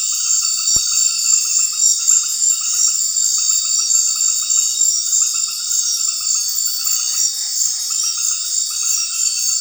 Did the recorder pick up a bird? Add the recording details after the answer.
no. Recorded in secondary vegetation near Puerto Asís, Putumayo, Colombia, on 12 March 2025 at 20:00. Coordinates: 0.499, -76.323. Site G094